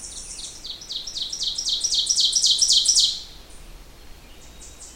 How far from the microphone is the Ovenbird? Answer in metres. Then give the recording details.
about 10 m. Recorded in boreal forest in Alberta, Canada, on 21 June 2016 at 05:43. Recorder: SongMeter 3, array SBT-6-81. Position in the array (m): 28 m, 292 m. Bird 26